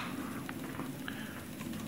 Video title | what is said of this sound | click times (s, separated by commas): Lifeproof install iphone 4 | click it in all the parts | 0.5 s, 1.1 s